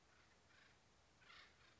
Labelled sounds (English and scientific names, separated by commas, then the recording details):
Acorn Woodpecker (Melanerpes formicivorus)
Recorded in Sonoma County, California